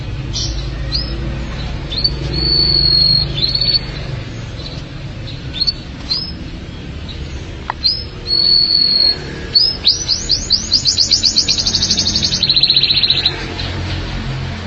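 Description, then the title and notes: Canary song: varied high whistled notes, sustained tones and a fast rising trill series, with steady low background hum. "BM Suara Kenari. BM Suara Burung Kenari"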